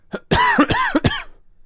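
Three loud, harsh coughs come in quick succession within about a second, each with a voiced, slightly throaty tone, after a faint short sound before the first. A triple cough from an adult.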